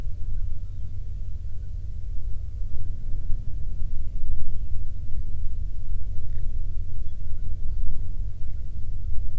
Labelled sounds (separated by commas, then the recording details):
songbird, waterfowl
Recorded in the Prudhoe Bay oil fields, Alaska, on 13 June 2019 at 00:05
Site 24